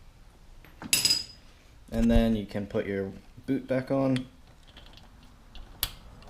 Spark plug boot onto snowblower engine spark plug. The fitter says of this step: then you want to here I don't know if you guys heard that but you want to hear that click cuz that's how you know the piece of metal inside the boot is on top of the spark plug